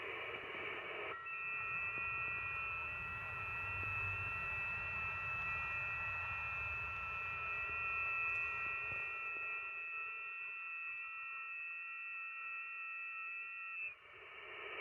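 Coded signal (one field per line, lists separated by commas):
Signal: FT8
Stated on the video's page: FT8 via QO-100 satellite from a mobile car station: 80cm dish on azimuth rotor, transverter, ICOM IC-9700 and laptop; includes a very weak signal.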